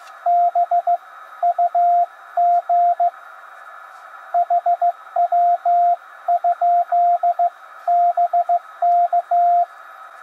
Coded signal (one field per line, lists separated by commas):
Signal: Morse code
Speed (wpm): 15 wpm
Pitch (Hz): 700 Hz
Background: radio noise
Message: BUG HW? BK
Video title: WINTER Field Day WFD test ~ yAesu 891 - MFJ-971 manual tuner